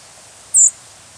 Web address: sparrows wtsp